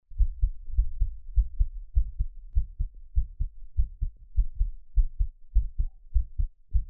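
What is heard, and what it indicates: Steady, muffled low thumps in clear lub-dub pairs at about 100 beats a minute, with an even rhythm throughout. An adult's own heartbeat heard close up, made as ASMR for relaxation, with no talking and little background noise.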